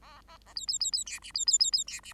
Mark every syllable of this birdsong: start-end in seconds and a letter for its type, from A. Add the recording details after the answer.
0.01-0.21 A, 0.27-0.37 A, 0.46-0.54 A, 0.56-0.66 B, 0.67-0.78 B, 0.80-0.91 B, 0.92-1.04 B, 1.06-1.19 C, 1.22-1.32 D, 1.34-1.45 B, 1.47-1.58 B, 1.59-1.71 B, 1.72-1.84 B, 1.87-2.00 C, 2.03-2.13 D. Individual Bird8